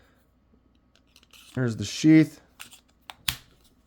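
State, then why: Seated. A CRKT S.P.E.W. fixed-blade knife is pushed into its molded sheath after someone talks, with soft handling rustles leading up to it. A sharp click at 3.3 s marks the blade snapping home, seated really tight in the sheath.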